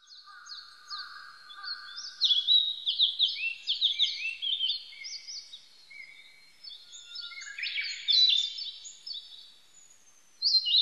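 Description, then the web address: Narcissus flycatcher singing a long, busy sequence of high falling whistled notes and trills, with a softer low warble early on and a loud phrase near the end. Recorded on 25 April 1998. "1998 980425 kibitaki"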